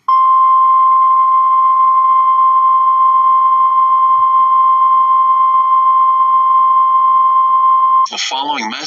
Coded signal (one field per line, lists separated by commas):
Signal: Emergency Alert System (SAME) tones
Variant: 1050 Hz attention tone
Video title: EAS Mocks #3 National Periodic Test In The Continental United States